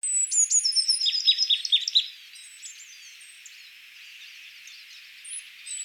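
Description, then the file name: Marsh tit calls: thin, very high notes, then a quick burst of four or five sharp, dropping chips in the first two seconds, with faint high twitters afterwards. "Poecile palustris"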